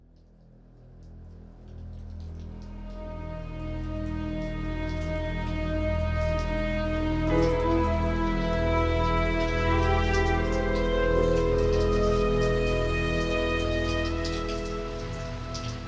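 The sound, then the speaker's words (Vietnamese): Steady, light rain patters continuously on a weekend in the suburban outskirts of Komagomi, fading in over the first seconds, with soft sustained tones humming underneath and no voices. “Những tiếng mưa rơi rả rích vào ngày cuối tuần phá tan đi cái không gian vốn dĩ yên ắng và tĩnh mịch của khu rìa ngoại ô Komagomi.”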